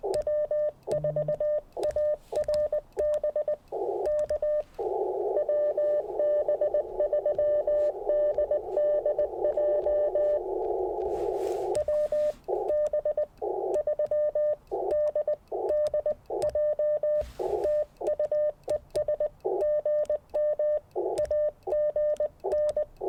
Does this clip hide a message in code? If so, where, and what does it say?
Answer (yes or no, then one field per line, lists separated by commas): yes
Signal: Morse code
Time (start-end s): 0.1-22.8 s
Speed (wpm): 20 wpm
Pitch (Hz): 600 Hz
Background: radio noise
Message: W4ARB K WB3DDJ WB3DDJ TU ES GM AGN